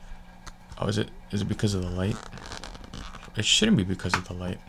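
An ND lens filter is handled against the filter mount of a TELESIN Master Grip phone grip for an iPhone 17 Pro Max. Someone talks while small ticks and taps sound around 0.5 s and in a brief cluster between 2.6 and 3.2 s. The filter has not seated or clicked into the mount yet.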